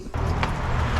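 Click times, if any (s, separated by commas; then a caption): none. The second fuel line end is pushed toward the red clip of a quick-connect fitting on the far side of an in-line fuel filter during annual maintenance and winterizing of a Tracker Pro Team 175 with a Mercury 4-stroke EFI. Over a steady low rumble, short handling knocks are heard around 0.4 s and 1.0 s. The clip ends before the connector goes home, so nothing has seated or clicked yet.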